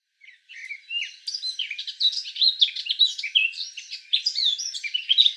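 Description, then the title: Eurasian blackcap song, a rich, fast warble of varied chattering notes, pouring out almost without pause after a brief opening note. "Sylvain Jaskowiak - Mes piafs. Fauvette à tete noire"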